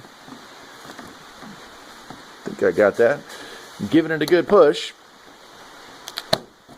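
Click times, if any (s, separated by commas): 6.3 s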